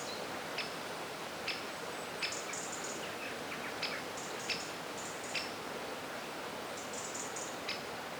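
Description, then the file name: Birds giving quick high chirps and brief twitter runs at irregular intervals, steady hiss behind them. Birdsong in a forest. "Forest Birdsong - Soothing Birds"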